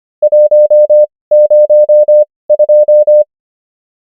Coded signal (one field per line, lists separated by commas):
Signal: Morse code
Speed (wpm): 25 wpm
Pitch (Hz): 600 Hz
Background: none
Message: 102